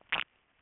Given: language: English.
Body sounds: throat vibration sensor signal played as sound; swallow

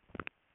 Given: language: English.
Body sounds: throat vibration sensor signal played as sound; swallow

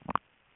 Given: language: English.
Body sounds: throat vibration sensor signal played as sound; swallow

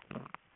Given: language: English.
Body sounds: throat vibration sensor signal played as sound; swallow

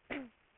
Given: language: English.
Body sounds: throat vibration sensor signal played as sound; cough

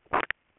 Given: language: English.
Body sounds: throat vibration sensor signal played as sound; swallow

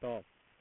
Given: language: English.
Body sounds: throat vibration sensor signal played as sound; speech

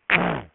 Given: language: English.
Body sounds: throat vibration sensor signal played as sound; throat clearing

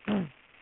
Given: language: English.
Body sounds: throat vibration sensor signal played as sound; throat clearing

